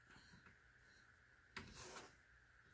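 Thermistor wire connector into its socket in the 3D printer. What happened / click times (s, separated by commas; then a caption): The small connector clicked into its socket / 1.6 s. The plastic connector of a new thermistor wire is pushed into its socket inside a Sunlu S8 3D printer during a thermistor replacement. Against a steady background hum, a single sharp click sounds at 1.6 s, followed by a brief rustling noise. The connector seats firmly in place.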